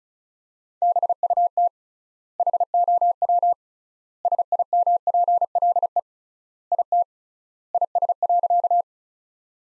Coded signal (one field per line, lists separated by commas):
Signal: Morse code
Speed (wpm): 34 wpm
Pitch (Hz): 700 Hz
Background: none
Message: BUT HOW SIMPLE IT IS.